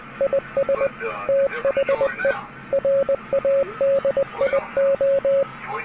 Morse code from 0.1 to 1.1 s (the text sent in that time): IS